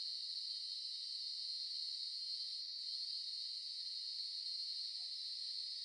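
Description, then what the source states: Cicadas keep up an unbroken, high-pitched buzzing drone at steady loudness, with a very brief dip partway through. Recorded in Melbourne.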